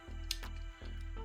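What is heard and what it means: A hooked shell part is pulled up into a DualSense Edge game controller housing and snaps into place. A single sharp click is heard at 0.3 s over background music, and the part is seated.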